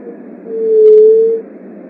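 Leptotila dove giving one low, pure, drawn-out coo of nearly a second, steady in pitch, over faint background hiss.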